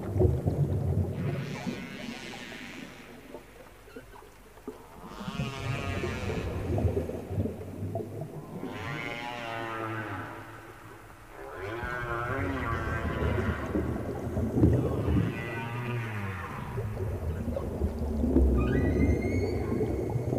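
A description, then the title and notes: Underwater whale calls rise and fall in long wavering moans every few seconds over a low rumble, with brief high dolphin-like chirps near the end. Whale and Dolphin Sounds Underwater. Deep underwater whale and dolphin sounds.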